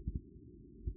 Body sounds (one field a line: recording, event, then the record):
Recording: neck accelerometer signal played as sound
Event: no cough (speech, laughter, throat clearing or background)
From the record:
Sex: male